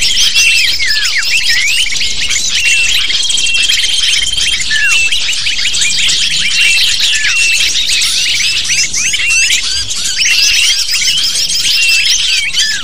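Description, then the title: Lovebird: constant shrill chatter of many lovebirds, dense overlapping chirps and squeaks with sporadic thin sustained whistles. Used to lure lovebirds. "PIKAT BURUNG LOVEBIRD"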